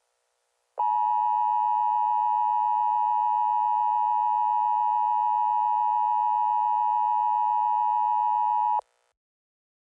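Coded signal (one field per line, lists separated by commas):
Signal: Emergency Alert System (SAME) tones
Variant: 853 and 960 Hz attention tone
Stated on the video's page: Simulated EAS mock alert.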